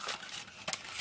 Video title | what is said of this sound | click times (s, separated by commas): "UMAREX SOFTAIR GEWEHR HECKLER & KOCH G36 C" -Vorstellung | dann müssen wir hier gucken dass es so ein bisschen einrastet | 0.7 s